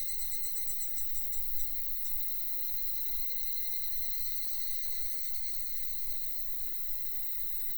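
Cicada call, a steady high drone, continuous throughout, over a low rumbling background noise.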